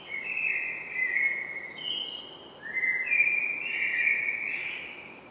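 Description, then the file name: Common blackbird singing mellow, sustained fluted notes that waver and step up and down, with a brief higher squeaky note in the middle. "Turdus merula"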